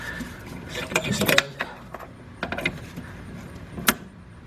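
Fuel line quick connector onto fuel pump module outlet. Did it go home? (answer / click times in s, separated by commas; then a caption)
yes / 3.9 s. A 3/8 fuel line quick-connect fitting on a 1999 Lincoln Navigator is pushed home onto the fuel pump module outlet, with someone talking and a few rattling handling sounds between about 1.0 and 2.7 s. A sharp click at 3.9 s marks the connector seating, and it is locked in.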